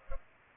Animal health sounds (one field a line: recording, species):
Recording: mosquito wingbeat signal from an infrared sensor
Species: Culex pipiens